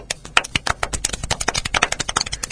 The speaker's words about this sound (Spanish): Una persona sola puede aplaudir a una velocidad de dos o tres manifestantes.